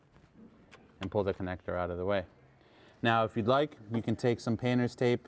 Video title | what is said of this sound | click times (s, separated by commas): Porsche 996 911 Starter Motor Replacement DIY (1999-2008 Carrera 3.4L & 3.6L) | similar to the ignition coils if you saw that video you want to simply press on that tab until it clicks off | 0.7 s